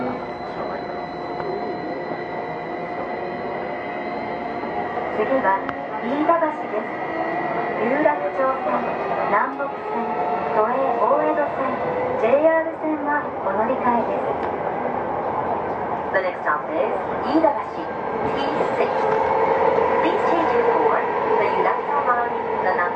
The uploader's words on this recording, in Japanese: 東京メトロ05系（ワイドドア車） 中野〜西船橋。快速運用を録音しました。今回はICレコーダー（Panasonic PR–XS460）を使いました。